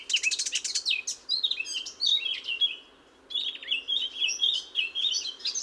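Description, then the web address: Eurasian blackcap song, a fast, rambling warble of twittering and slurred whistled notes, pausing briefly near the middle before continuing. "SETE Sylvia atricapilla"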